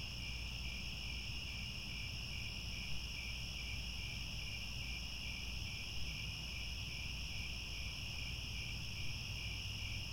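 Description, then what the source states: Crickets chirping continuously, quick rhythmic pulses beneath a steady higher trill, with constant low rumble. Chorus of crickets at twilight as the sun sets.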